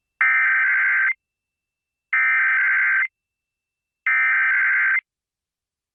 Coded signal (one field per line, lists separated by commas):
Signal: Emergency Alert System (SAME) tones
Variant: header bursts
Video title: EAS #4,000!!! EAS Alerts from 4/15/24 - 4/24/24 (EAS #3,995 - 4,011)